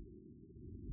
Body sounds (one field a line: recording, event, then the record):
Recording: neck accelerometer signal played as sound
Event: no cough (speech, laughter, throat clearing or background)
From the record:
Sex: male